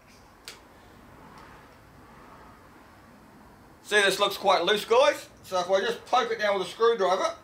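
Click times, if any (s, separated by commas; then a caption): none. A loose connector on a plasma cutter's internal board is handled before being poked down with a screwdriver. A brief faint knock comes at 0.5 s over low background noise, then someone talks from about 3.9 s to the end. Nothing has seated or clicked yet.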